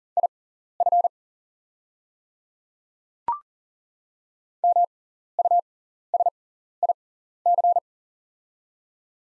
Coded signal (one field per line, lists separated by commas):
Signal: Morse code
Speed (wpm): 40 wpm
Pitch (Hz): 700 Hz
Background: none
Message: IF MUSIC